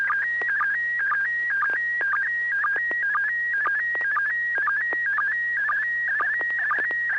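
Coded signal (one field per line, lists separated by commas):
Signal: SSTV (slow-scan television)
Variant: PD-120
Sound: steady warbling tone shifting between pitches, with short low sync blips twice a second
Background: FM radio hum and clicks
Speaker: Bob are you ready to send a picture oh sure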